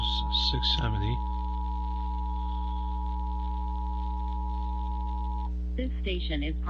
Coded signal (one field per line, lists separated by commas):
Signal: Emergency Alert System (SAME) tones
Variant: 853 and 960 Hz attention tone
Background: speech